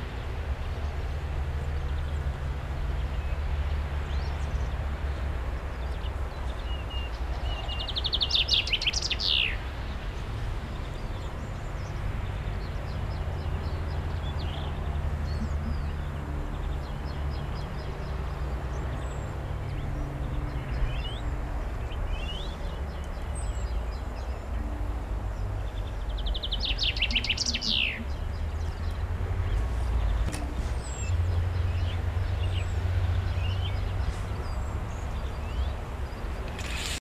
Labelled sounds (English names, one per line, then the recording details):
Common Chaffinch song
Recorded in the wild
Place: Garmisch-Partenkirchen, Bayern, DE
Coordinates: 47.4889, 11.1356
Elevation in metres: 889
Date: 1980-04-02
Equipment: Uher 4000 Report
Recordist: Tretzel, Erwin